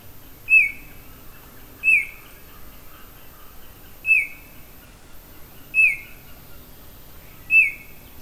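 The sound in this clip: Oriole giving single clear downslurred whistled notes, five in all, against a quiet background.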